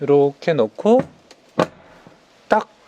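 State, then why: Seated. In a camper van, a display is set on its adjustable mounting bracket and pushed onto its clip while someone talks. A few soft taps follow, then a sharp click at 2.5 seconds as the bracket clip snaps into place and the monitor is firmly locked in its mount.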